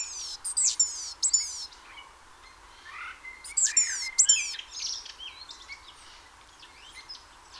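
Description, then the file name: Great tit calls: bursts of sharp, high, downslurred notes in quick clusters, mixed with lower slurred chirps in the middle, over a steady background hiss. "Parus major"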